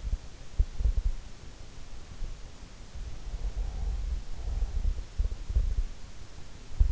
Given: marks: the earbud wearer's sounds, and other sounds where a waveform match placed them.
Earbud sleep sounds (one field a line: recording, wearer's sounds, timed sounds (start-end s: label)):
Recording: sounds in sleep by an in-ear microphone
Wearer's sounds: breath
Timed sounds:
2.88-5.62 s: breath